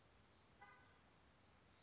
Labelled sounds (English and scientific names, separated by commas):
California Towhee (Melozone crissalis)